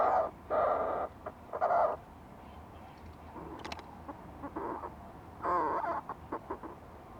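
Fulmar prion uttering long, harsh, nasal notes mixed with short stuttered croaks, quieting in the middle before another rasping phrase and choppy pulses.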